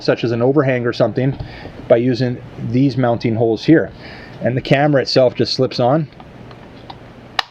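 A plastic ieGeek S5 solar security camera is slid onto its wall mounting bracket while someone talks. After the talking, faint handling sounds lead to a sharp click at 7.4 s as the camera locks into place.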